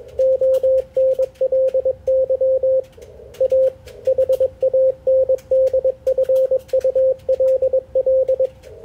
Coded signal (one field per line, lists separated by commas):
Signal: Morse code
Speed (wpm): 21 wpm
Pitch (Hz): 530 Hz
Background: radio noise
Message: ONLY A HANDFULL